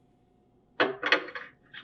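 A metal drive shaft is handled and pushed toward the rear shell bearing of the freezer cylinder on a Taylor 8756 soft serve machine. After near silence, a sharp clatter comes at 0.8 s, followed by further knocks around 1.1 s and softer scraping handling noises. The shaft has not snapped into the bearing yet, and nothing has seated.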